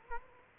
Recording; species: mosquito wingbeat signal from an infrared sensor; Culex quinquefasciatus